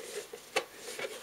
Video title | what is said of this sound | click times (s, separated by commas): My spy birdhouse review | you heard a click | 0.6 s